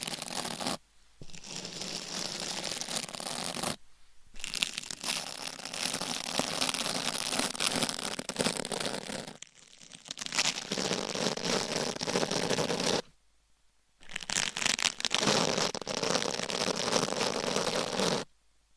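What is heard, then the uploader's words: Dense scratching and rubbing fills most of the clip, a crisp, bright texture with rapid fine detail like nails or items drawn over a surface. It comes in long bursts broken by short silent gaps near 1, 4, 13 and 18 seconds. Scratching , Tapping & Massage with Different Items & Nails.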